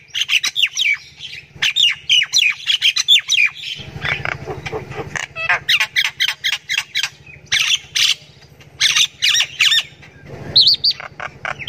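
Myna calling with busy harsh chatter, sharp clicks and falling whistled notes, with a low steady hum running underneath throughout.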